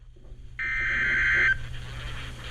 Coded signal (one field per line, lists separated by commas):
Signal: Emergency Alert System (SAME) tones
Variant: header bursts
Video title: 20 SVRs... 20 Alerts... | EAS Alerts from 7/24/20 to 7/25/20 | EAS #112-128